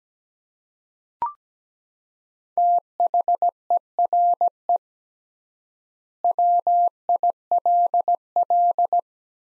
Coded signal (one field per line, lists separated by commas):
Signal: Morse code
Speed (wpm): 17 wpm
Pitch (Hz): 700 Hz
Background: none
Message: THERE WILL